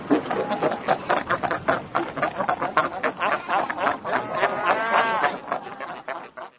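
Duck quacking in a rapid, nasal, chattering series that runs almost continuously, rising and falling in loudness.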